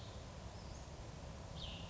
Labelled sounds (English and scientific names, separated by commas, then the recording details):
Cassin's Vireo (Vireo cassinii)
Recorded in Sonoma County, California